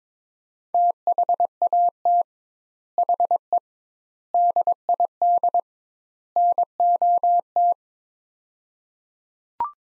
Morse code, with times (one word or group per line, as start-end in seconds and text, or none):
0.7-2.2 THAT
3.0-3.6 HE
4.3-5.6 DID
6.4-7.7 NOT